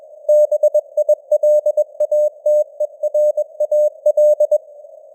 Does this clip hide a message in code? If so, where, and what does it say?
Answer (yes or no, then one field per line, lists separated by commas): yes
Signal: Morse code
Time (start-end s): 0.3-4.6 s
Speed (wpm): 21 wpm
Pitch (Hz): 600 Hz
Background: none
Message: BILATERAL